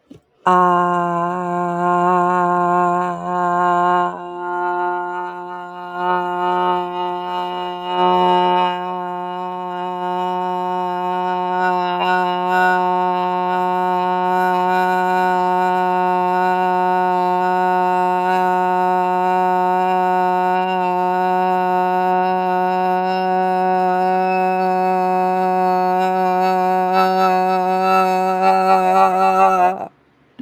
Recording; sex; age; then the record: vowel held as long as possible; female; 30 to 39 years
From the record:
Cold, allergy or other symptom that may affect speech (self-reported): no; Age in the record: 36 years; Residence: Louisiana, United States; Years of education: 16